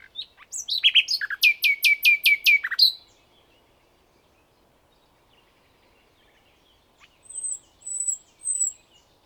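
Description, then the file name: Common nightingale song: a fast burst of loud repeated notes, a long pause, then three thin high whistles. "Luscinia megarhynchos"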